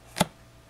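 The magnetic foam battery hatch on a FliteTest Bushwacker RC airplane's foam fuselage is pressed closed, and its embedded magnet snaps it into place with a single sharp, loud, broadband hit at 0.2 s. The rest of the clip is quiet, and the hatch is seated.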